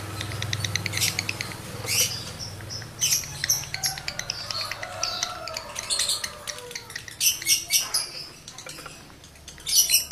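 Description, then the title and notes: Lovebird twittering song with rapid clicking runs, piercing chirps and squeaky squawks in irregular bursts, loudest near the end, over a soft low hum. Male lovebird in breeding condition; its song is used to stimulate other lovebirds to sing. "Birahi Lovebird Jantan ke Gacor. Pancingan Suara Lovebird jantan birahi"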